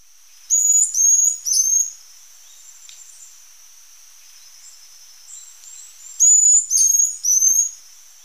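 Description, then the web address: White-tailed tyrannulet calls: two bursts of three very high, thin, slightly rising whistled notes, with a faint steady high hiss between them. Ecuador. "Birds of Ecuador White-tailed Tyrannulet"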